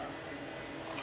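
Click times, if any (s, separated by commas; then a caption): none. A half dollar coin ring is being handled as it is about to be pressed into a deeper "ring buddy" ring-holding tool, which has a little shelf inside for the ring to rest against. Only a steady, even broadband noise is heard, with a slight swell near the end and no distinct click. Nothing has seated or clicked yet.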